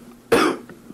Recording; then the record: coughing mixed with background sound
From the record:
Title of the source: Coughing 77